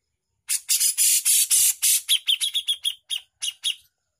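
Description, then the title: Bushlark song opening with loud harsh hissing bursts, then a quick string of sharp chirps and twittered notes that trail off. Used for training songbirds; bird singing persistently (gacor). "MASTERAN KICAUAN BRANJANGAN GACOR"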